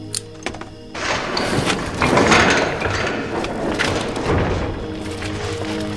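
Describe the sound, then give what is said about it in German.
A heavy gate grinds and rumbles open for several seconds, steady and fairly loud, after a couple of short clunks at the start, with a low mechanical hum underneath. “Das Tor ist auf.”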